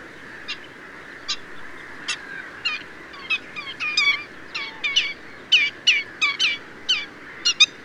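Black-winged stilt calls, sparse sharp yelps at first, then a quick excited series of clipped notes, over a constant background hiss.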